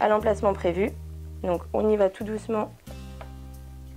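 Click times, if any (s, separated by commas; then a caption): 3.2 s. A whisk shaft with a washer is lined up by its lugs and pushed gently into the drive socket of a Philips HR 1453 hand mixer while someone talks over background music. A short click at 3.2 s marks the whisk snapping into place, and it is seated.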